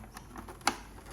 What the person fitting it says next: clicks into place there we go